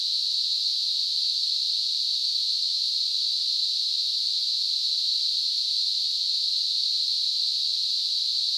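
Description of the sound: Simulated tinnitus: a steady, continuous hiss of narrowband noise centred around 4 to 5 kHz, with no low-frequency content and no change in level from start to finish.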